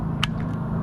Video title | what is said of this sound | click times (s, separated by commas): Fishing On An Electric Scooter Between Two Hurricanes | and this little lever right here locks on there | 0.2 s